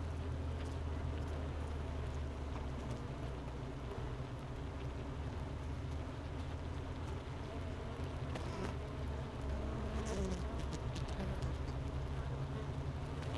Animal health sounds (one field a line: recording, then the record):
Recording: honeybee colony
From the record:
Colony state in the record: missing queen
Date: 31 May 2018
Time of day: 11:21